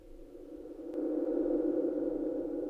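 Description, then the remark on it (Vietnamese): The heavy old iron door of a rest stop, leading to a corridor to the toilets, is pushed open. Its aged hinges creak in one long, rough, low groan that swells louder after a faint click early on and drags on steadily without pause. No one speaks. “Tiếng cánh cửa sắt lâu ngày bản lề đã cũ kỹ rít lên khò khọ khò khọ, nghe đến giận cả người.”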